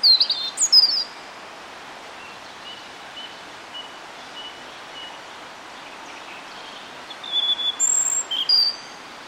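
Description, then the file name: European robin delivering two separate phrases of high, thin, warbled notes, one at the start and one near the end, with quiet hissy pauses between. "Erithacus rubecula"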